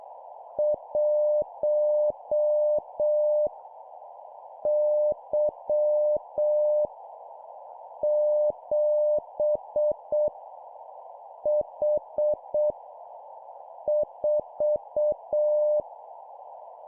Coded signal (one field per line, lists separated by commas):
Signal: Morse code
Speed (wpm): 7 wpm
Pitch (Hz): 600 Hz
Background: none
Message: 1 Y 7 H 4